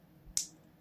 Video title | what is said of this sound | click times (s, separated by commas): N.K.D. 1×GEC 3×ROSECRAFT 1×SWISS CARD. | Pops right in there just | 0.4 s